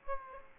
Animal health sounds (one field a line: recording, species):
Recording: mosquito wingbeat signal from an infrared sensor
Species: Aedes aegypti